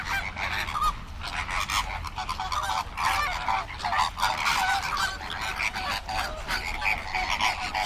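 Flamingo flock calling, a steady wall of overlapping honking and gabbling calls, with continuous low rumbling noise underneath.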